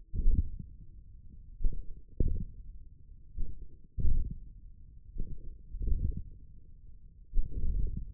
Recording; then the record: forearm muscle sounds (acoustic myography)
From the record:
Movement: hand closing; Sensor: system 1, eight BSWA MPA416 microphones around the upper forearm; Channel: 7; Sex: male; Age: 28 years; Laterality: right